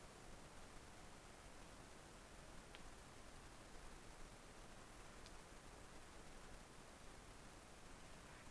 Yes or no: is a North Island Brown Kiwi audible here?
no